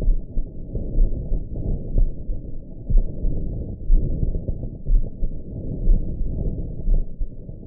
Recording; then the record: heart sounds by optical stethoscope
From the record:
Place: mitral valve (MV)